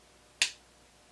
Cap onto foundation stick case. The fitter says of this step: or maybe it's not magnetic, but it is a click. So you hear the click.